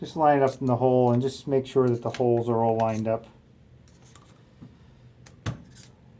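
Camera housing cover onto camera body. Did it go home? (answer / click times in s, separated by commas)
yes / 5.3 s, 5.5 s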